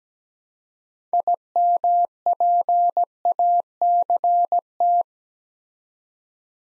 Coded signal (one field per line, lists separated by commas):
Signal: Morse code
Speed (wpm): 17 wpm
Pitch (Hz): 700 Hz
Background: none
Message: IMPACT